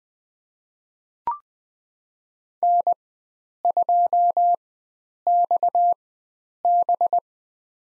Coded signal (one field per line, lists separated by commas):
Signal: Morse code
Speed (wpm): 20 wpm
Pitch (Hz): 700 Hz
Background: none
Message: N2XB